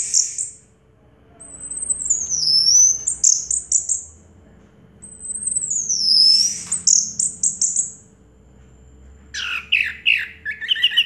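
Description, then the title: Orange-headed thrush song: long high whistles sliding downward, each followed by quick chattering notes, repeated twice, then a burst of short buzzy notes. Played to prompt a silent orange-headed thrush to start singing. "Anis Merah Macet.. Pancing Dengan Suara Ini.. # Anis Merah"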